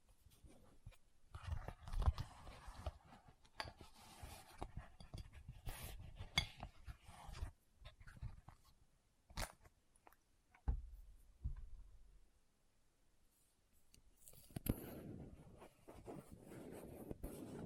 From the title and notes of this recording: ASMR What's In My Bag (No Talking).